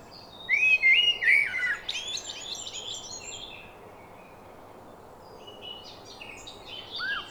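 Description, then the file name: Common blackbird giving a short warbled, fluting phrase that breaks into high thin twitters. "Turdus merula"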